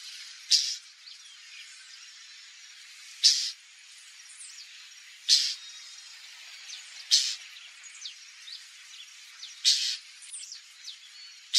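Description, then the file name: White-banded mockingbird, continuous varied whistled notes and sweeps, punctuated by several loud harsh hissing bursts at irregular intervals. "Canto do calhandra de tres rabos"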